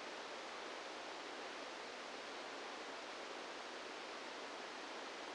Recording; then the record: brain microelectrode recording played as sound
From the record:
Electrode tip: outside the subthalamic nucleus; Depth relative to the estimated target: -6 mm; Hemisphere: right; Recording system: NeuroSet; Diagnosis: Parkinson's disease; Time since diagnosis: 17 years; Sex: male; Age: 64 years